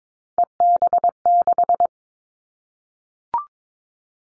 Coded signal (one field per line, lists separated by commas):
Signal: Morse code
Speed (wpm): 22 wpm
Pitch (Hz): 700 Hz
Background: none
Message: EB6